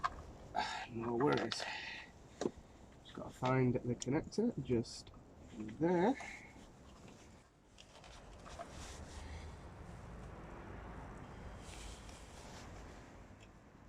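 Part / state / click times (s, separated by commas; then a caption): tuning box harness plug into engine sensor connector / not seated / none. A tuning box harness plug is handled near the engine sensor connector on a diesel engine while someone talks. Short knocks and handling noises follow, then a quieter stretch of low rustling. Nothing has seated or clicked into place yet.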